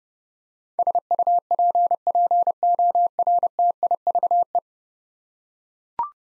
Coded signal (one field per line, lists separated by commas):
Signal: Morse code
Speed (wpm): 30 wpm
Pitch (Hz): 700 Hz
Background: none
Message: SUPPORTIVE